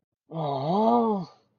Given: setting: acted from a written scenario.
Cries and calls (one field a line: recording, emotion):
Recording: vocal sound without words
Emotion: embarrassment